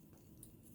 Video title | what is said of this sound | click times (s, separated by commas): Go-Go-KO Episode 007: Ruiner B Bruticus Brawl | Chest piece just snaps into place very nicely. | 0.4 s